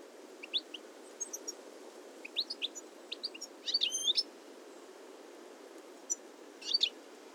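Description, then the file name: European goldfinch calls: bright, high chirps given singly and in small twittering clusters, loudest in a quick run near the middle and again near the end, over faint background hiss. "Carduelis carduelis"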